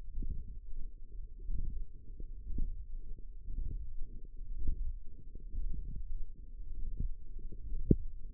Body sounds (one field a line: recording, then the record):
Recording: forearm muscle sounds (acoustic myography)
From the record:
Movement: hand closing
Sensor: system 1, eight BSWA MPA416 microphones around the upper forearm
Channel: 8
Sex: female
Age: 21 years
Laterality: right